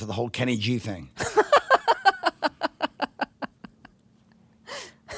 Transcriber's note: soundbite of laughter